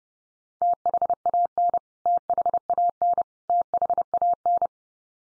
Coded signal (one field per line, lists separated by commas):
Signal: Morse code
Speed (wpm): 30 wpm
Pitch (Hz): 700 Hz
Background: none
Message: THAN THAN THAN